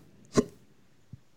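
A single sharp, abrupt voiced hiccup from an adult man, with a faint second click soon after. He has hiccups, which he attributes to eating green olives.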